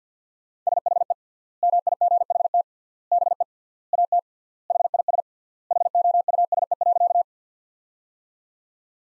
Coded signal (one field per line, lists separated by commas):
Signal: Morse code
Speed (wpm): 50 wpm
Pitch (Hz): 700 Hz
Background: none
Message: SHE MIGHT BE AT HIS HOUSE.